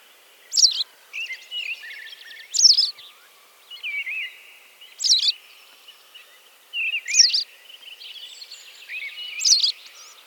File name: barazdabillegeto hangja